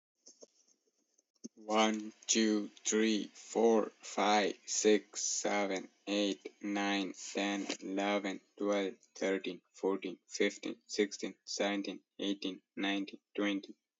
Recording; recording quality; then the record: counting at a normal pace; excellent, no background noise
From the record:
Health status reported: healthy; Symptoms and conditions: none ticked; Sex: male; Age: 22 years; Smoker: not ticked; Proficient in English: yes